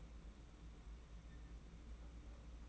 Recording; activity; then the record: daily activity, microphone in the room; open fridge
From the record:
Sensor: 1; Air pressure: 991.8 hPa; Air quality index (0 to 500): 205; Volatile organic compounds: 1000 ppm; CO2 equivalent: 7937 ppm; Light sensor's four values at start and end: 28/99/38/38 and 28/99/38/38